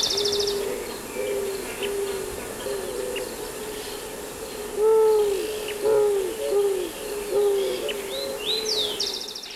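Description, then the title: Eared dove giving low, mellow coos in a repeated series, louder in the second half, with scattered high chirps of other birds and constant background noise. Song described as repeated, soft, descending 'uúh.. uúh..' notes. "Museo de Ciencias de Bahía Blanca - PdA - Torcaza"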